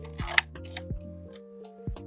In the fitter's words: we'll slide it over, and it just snaps right into place.